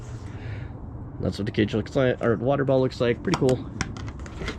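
A water bottle is being pushed into the bottle cage on the frame of an Intense 951 XC bicycle while someone talks. A few short, faint ticks of handling come near the end, around 4.0 to 4.5 seconds. Nothing has seated or clicked yet.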